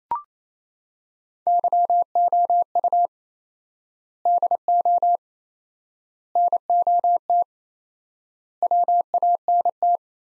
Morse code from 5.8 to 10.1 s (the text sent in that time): NOT WANT